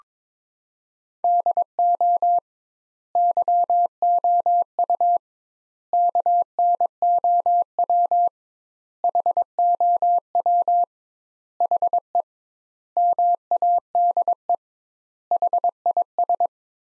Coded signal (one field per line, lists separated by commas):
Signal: Morse code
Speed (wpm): 22 wpm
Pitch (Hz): 700 Hz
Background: none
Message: DO YOU KNOW HOW HE MADE HIS